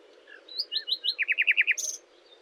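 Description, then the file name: Common nightingale song: a few quick descending notes, then a fast run of several repeated slurred notes, ending in a harsh high buzz. "Luscinia megarhynchos"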